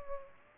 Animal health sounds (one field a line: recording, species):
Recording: mosquito wingbeat signal from an infrared sensor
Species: Aedes aegypti